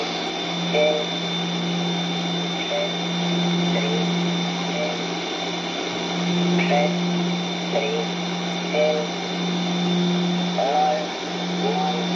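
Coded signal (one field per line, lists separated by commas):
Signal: numbers station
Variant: S06 Russian Man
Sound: short, evenly spaced spoken words over a steady hum and static hiss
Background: radio static, hum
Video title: Sihuadon R-108 - S06 Russian Man 21/07/2023 2100 UTC 8037kHz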